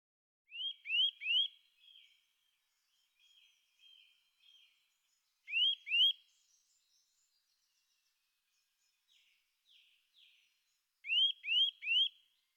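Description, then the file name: Eurasian nuthatch giving loud, clear upslurred whistled calls in quick bursts of three, then two, then three, with softer faint chatter between the bursts. "boomklever"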